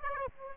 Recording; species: mosquito wingbeat signal from an infrared sensor; Aedes aegypti